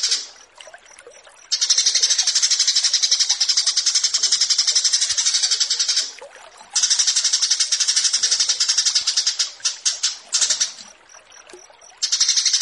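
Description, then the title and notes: Horsfield's bush lark pouring out rapid rattling high pulses in long runs, interrupted by a few quiet pauses and some broken, choppy bursts. Bird-keeping song tutoring recording (masteran) of branjangan. "Branjangan VS BURGER Masteran. burung BRANJANGAN"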